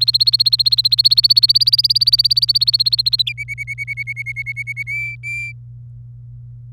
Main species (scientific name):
Serinus canaria